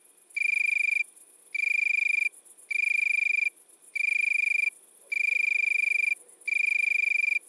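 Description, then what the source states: Italian tree cricket song of six loud, purring trills, each up to about a second, evenly spaced, while faint high-pitched insect pulses fill the gaps. Recorded at midnight at Le Puech, Cantal.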